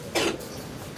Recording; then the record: coughing mixed with background sound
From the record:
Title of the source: 61 morning phlegmy cough...again